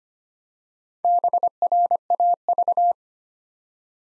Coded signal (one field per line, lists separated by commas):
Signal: Morse code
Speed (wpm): 25 wpm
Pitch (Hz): 700 Hz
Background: none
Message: BRAV